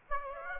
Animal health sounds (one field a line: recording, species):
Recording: mosquito wingbeat signal from an infrared sensor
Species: Aedes aegypti